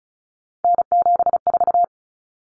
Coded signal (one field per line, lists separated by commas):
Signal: Morse code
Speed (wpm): 34 wpm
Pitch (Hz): 700 Hz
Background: none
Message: N74